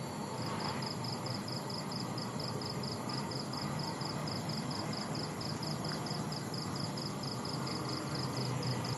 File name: industrial construction distant digger exhaust bangs occ vehicle pass night insects crickets vietnam